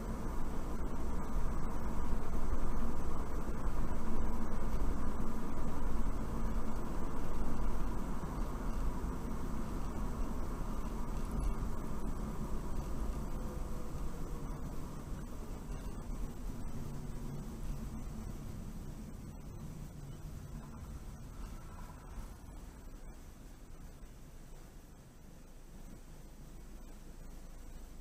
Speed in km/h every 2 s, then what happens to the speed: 48, 50, 52, 50, 52, 44, 39, 34, 26, 21, 13, 6, 0, 0.
0-8 steady at about 50. 8-24 slows to 0. 24-28 standing.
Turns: none.